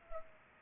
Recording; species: mosquito wingbeat signal from an infrared sensor; Culex pipiens